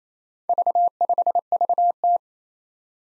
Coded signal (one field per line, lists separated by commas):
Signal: Morse code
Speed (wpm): 28 wpm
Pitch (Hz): 700 Hz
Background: none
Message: V5VT